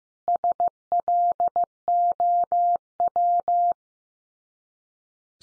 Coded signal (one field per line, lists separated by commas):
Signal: Morse code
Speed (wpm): 15 wpm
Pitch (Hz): 700 Hz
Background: none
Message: SLOW